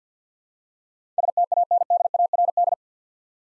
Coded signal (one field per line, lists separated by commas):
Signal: Morse code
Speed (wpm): 53 wpm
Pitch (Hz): 700 Hz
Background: none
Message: STANDARD